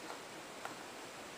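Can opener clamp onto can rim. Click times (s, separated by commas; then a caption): 0.6 s. The black clamp of a manual can opener is clipped onto the rim of a metal can against a steady hiss. A single faint, sharp click sounds at 0.7 s as the clamp seats on the rim, confirming it is on.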